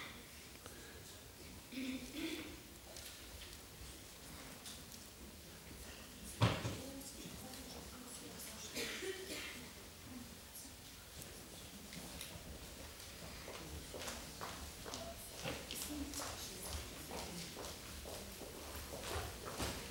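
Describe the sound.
Irregular footsteps shuffle and tap throughout, with one sharp, loud thump of a door being shut partway through. Faint murmuring voices sit underneath.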